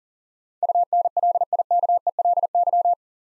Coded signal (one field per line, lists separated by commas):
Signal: Morse code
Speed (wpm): 37 wpm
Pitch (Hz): 700 Hz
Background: none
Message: UNLIKELY